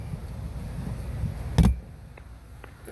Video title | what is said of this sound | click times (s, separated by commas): Floor console removal on a Chevrolet traverse, GMC Acadia, and Buick Enclave | I hear it snapping loose. | 1.6 s, 2.2 s, 2.6 s